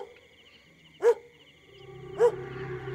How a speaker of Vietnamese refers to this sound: Tự nhiên con chó hàng xóm nó sủa lên từng tiếng một, lâu lâu lại trú lên đến rợn người.